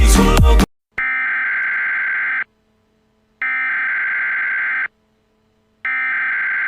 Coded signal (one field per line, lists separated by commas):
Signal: Emergency Alert System (SAME) tones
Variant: header bursts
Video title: Mortal Kombat (an EAS scenario)